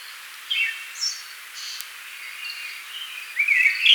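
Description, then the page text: Tickell's thrush song, brief warbled and whistled phrases at varying pitches with a louder twittering phrase at the end, over constant background hiss. "Tickells Thrush Song - Quick Sounds"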